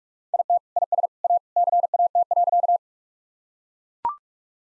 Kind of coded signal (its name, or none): Morse code